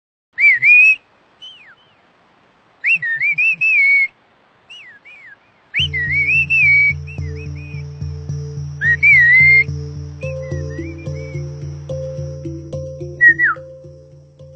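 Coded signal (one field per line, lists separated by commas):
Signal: whistled language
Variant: Mazatec whistled speech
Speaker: el mazateco chiflado nace a través de la necesidad de comunicarnos en las grandes distancias puede ser de un cerro a otro cerro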